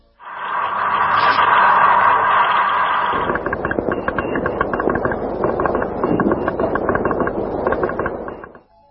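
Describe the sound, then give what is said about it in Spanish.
A Morse code SOS signal over noisy radio static: a steady buzzing tone for a few seconds, then a dense run of rapid crackling pulses, with no voices. “Esto que hemos escuchado es un SOS en código Morse.”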